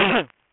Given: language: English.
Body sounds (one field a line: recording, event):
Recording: throat vibration sensor signal played as sound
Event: cough